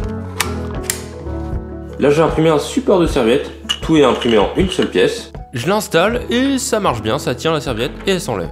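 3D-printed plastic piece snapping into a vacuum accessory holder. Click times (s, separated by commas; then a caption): 0.4 s, 0.9 s. 3D-printed plastic holder parts for vacuum cleaner accessories are pushed together and snap into place on their own, with two sharp mechanical clicks at 0.4 s and 0.9 s. After the clicks, music plays and someone talks.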